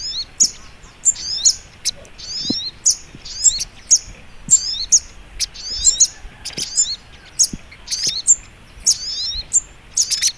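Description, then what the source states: Little Spiderhunter giving rapid high chirps in short, similar bursts, repeated steadily throughout over a soft hiss. Masteran training recording, labelled Labaik.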